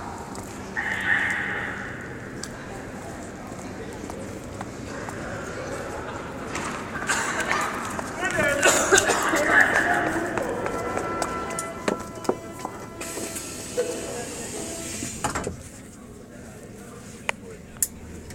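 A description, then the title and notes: Muffled rustling and scraping from inside a pocket, with faint voices and footsteps in a room, louder bursts around the middle, quieter near the end. Accidental recording at Märkisches Museum. Just an accidental recording from my pocket.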